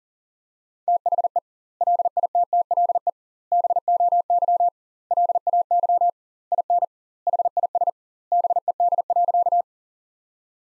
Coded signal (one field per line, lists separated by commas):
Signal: Morse code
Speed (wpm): 40 wpm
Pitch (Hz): 700 Hz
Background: none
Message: THE LITTLE BOY LAY IN HIS BED.